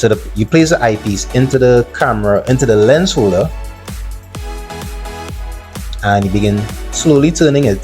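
A telescope eyepiece is placed into the lens holder of a phone camera adapter and slowly turned so it can twist-lock in place. Someone talks over steady background music, with a few brief sharp sounds. Nothing has seated or clicked yet, as the eyepiece is still being handled when the clip ends.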